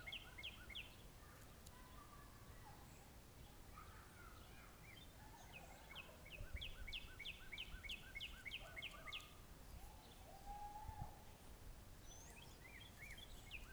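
Northern cardinal giving several rapid series of short, down-slurred whistled notes, in bursts of varying length, over a steady low rumble.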